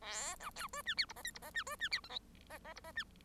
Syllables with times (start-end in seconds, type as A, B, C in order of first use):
0.01-0.35 A, 0.40-0.50 B, 0.55-0.67 C, 0.73-0.82 D, 0.85-0.94 E, 0.97-1.05 F, 1.08-1.13 G, 1.15-1.22 H, 1.24-1.31 I, 1.34-1.39 G, 1.41-1.51 H, 1.54-1.63 E, 1.66-1.76 D, 1.79-1.89 E, 1.91-2.00 F, 2.03-2.09 J, 2.09-2.19 K, 2.49-2.58 H, 2.64-2.73 H, 2.75-2.80 G, 2.83-2.92 H, 2.95-3.04 E